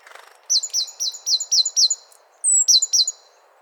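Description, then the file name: Great tit with a quick string of six sharp, high notes, a short pause, then a thin whistled note followed by three more clipped notes. "Parus major"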